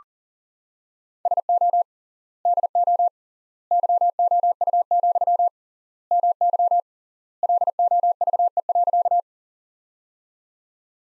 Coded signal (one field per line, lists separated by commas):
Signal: Morse code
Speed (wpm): 40 wpm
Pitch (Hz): 700 Hz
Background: none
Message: SO DO YOU, MY LOVE.